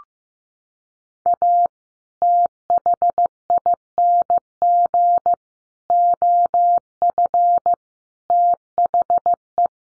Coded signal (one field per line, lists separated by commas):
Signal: Morse code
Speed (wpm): 15 wpm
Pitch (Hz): 700 Hz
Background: none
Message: A THING OF THE